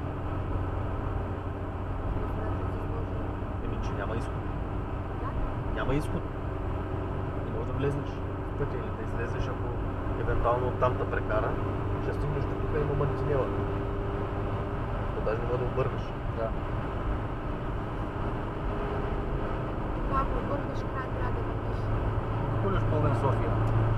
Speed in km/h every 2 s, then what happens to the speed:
87, 88, 89, 89, 90, 90, 92, 95, 96, 97, 98, 104.
0-24 speeds up to 104.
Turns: none.